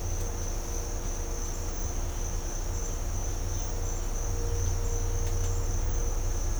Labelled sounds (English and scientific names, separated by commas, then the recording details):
none
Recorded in dense forest near Puerto Asís, Putumayo, Colombia, on 20 December 2024 at 07:00
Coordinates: 0.503, -76.323
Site G043